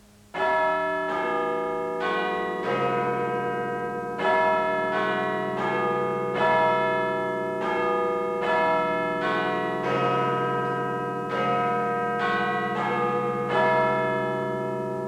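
The bell of Big Ben, in the clock tower of the Parliament building in London, chimes a slow melodic sequence of loud, resonant strikes, each note ringing on and overlapping the next, with no voices present.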